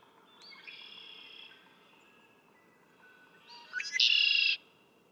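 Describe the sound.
Red-winged blackbird song: a faint, drawn-out buzzy phrase first, then a louder song with short chipping notes ending in a strong ringing trill.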